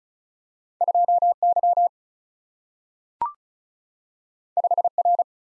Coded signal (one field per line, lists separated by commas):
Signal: Morse code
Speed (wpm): 36 wpm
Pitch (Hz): 700 Hz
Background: none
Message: 2 Y 5 R